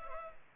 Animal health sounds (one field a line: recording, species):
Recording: mosquito wingbeat signal from an infrared sensor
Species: Culex pipiens